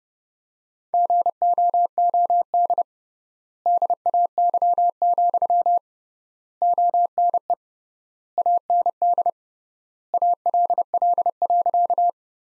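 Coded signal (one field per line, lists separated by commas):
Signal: Morse code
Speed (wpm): 30 wpm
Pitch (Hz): 700 Hz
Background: none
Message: GOOD DAY, ONE AND ALL.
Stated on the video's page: Morse practice sentences from the top 200 words at 30 wpm with three times standard word spacing.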